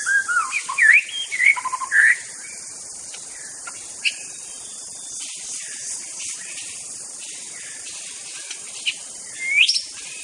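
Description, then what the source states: White-rumped shama song: a brief run of rich slurred whistles at the start, then mostly quiet hiss, with one final sharply rising whistle near the end. Wild forest white-rumped shama (Indonesian 'murai batu hutan').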